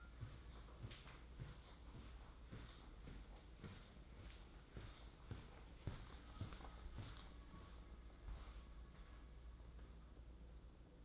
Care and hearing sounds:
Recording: daily activity, microphone in the room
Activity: walk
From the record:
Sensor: 3

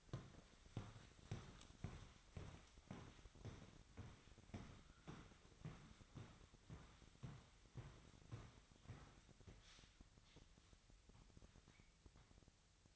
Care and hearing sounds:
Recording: daily activity, microphone in the room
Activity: walk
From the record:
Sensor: 3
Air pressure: 1001.7 hPa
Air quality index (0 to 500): 228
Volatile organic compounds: 34 ppm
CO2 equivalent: 3033 ppm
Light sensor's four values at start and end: 13/39/17/14 and 13/38/16/14

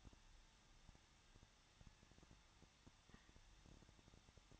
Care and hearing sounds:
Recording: daily activity, microphone in the room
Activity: no activity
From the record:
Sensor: 3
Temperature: 21.2 degrees Celsius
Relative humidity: 36.3%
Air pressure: 1006.3 hPa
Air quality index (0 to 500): 222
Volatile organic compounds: 41 ppm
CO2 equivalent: 3166 ppm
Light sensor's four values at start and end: 2/3/2/2 and 2/3/2/2

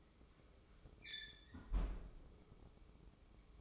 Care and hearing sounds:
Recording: daily activity, microphone in the room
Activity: close fridge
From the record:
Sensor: 1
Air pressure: 995.3 hPa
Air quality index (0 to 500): 25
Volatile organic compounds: 0 ppm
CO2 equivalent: 502 ppm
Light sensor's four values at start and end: 19/62/23/25 and 19/62/23/25

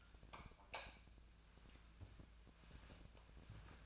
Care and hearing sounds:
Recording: daily activity, microphone in the room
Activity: light off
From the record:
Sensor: 2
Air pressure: 999.9 hPa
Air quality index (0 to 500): 118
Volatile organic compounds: 2 ppm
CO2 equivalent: 1014 ppm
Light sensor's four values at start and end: 41/108/45/50 and 36/90/38/43

